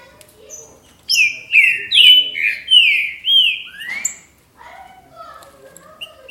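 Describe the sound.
Green-winged saltator song: loud, rich whistled phrases sliding down from high to mid pitch in a quick series, then a softer lower warble, with faint high chirps above.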